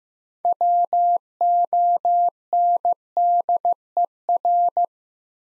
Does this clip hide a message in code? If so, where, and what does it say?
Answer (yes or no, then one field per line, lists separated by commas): yes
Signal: Morse code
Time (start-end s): 0.5-4.8 s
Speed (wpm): 15 wpm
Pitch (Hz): 700 Hz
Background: none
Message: WONDER